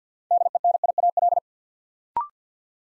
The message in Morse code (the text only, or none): DENIAL